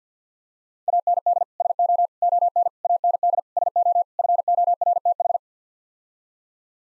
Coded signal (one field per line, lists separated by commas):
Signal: Morse code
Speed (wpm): 50 wpm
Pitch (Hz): 700 Hz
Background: none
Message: AND SO ON AND SO FORTH